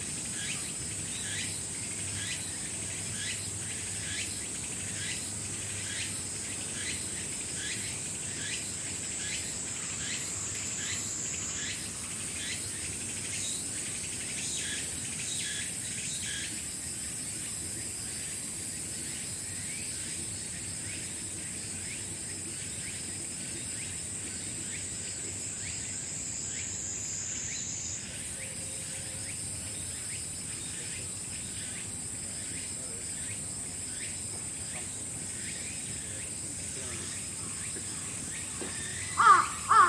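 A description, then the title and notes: Insects chirp without pause through a quiet night, in a rapid, regular pulsing with a croaking, frog-like quality but lighter and higher. Above it, a thin, bright, steady hiss holds throughout, stepping in pitch twice. Near the end, a brief sharp sound breaks in. Fushimi Inari Taisha - a quiet place. The recording location for 'Fushimi Inari Taisha - Quiet Place' is located at Fushimi Inari Taisha in Kyoto. I heard the same insect chirping and its sound resembled that of frogs, but it was not as deep.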